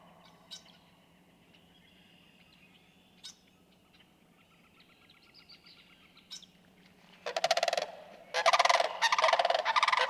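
Sandhill crane rattling calls: a few faint clicks and soft trills at first, then three loud rolling bugles in quick succession near the end.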